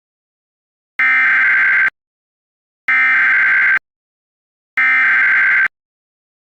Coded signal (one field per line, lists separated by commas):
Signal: Emergency Alert System (SAME) tones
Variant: header bursts